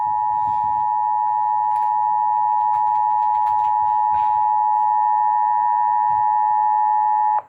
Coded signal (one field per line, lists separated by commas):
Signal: Emergency Alert System (SAME) tones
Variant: 853 and 960 Hz attention tone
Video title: A new replacement! EAS Alerts from 9/12/19 - 9/25/19 (EAS #3,353 - 3,359)